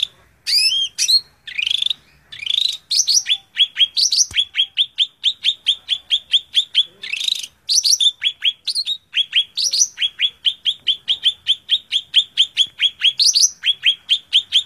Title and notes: Suara Burung Cucak Ijo. mantap buat masteran burung cak ijo